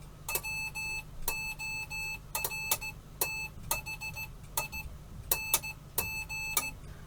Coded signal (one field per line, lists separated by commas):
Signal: Morse code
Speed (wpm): 16 wpm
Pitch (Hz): 2600 Hz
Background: none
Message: WORTHING